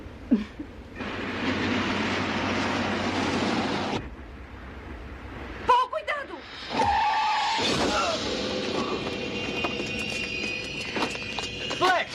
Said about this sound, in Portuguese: Meu Deus do céu, o que você fez com ele? Qual é, meu irmão? Não fui eu que peguei ele com o carro. Claro, idiota, você fez ele correr pro meio da rua.